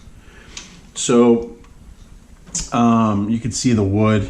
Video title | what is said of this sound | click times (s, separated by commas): Romanian SAR 1 AK-47 Battlefield Pickup | and closes as such, and then it opens and locks into place as such. | 0.6 s